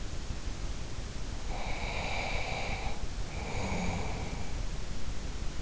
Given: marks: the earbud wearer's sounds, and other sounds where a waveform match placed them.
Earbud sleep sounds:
sounds in sleep by an in-ear microphone; breath
0.81-5.03 s: breath

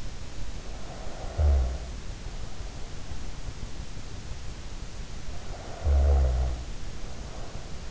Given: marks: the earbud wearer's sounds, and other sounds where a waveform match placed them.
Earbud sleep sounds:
sounds in sleep by an in-ear microphone; snoring breath
0.65-2.76 s: snoring breath
5.40-7.91 s: snoring breath

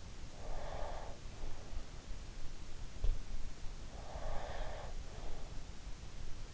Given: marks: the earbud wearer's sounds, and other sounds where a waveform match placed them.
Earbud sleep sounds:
sounds in sleep by an in-ear microphone; breath
0.23-1.49 s: breath
3.56-5.56 s: breath

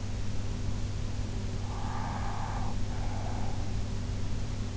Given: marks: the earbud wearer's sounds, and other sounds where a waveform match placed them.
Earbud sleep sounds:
sounds in sleep by an in-ear microphone; breath
1.66-3.74 s: breath

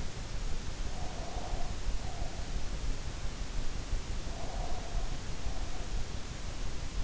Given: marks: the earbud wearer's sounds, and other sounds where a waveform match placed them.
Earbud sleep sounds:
sounds in sleep by an in-ear microphone; breath
0.82-2.64 s: breath
4.26-6.08 s: breath

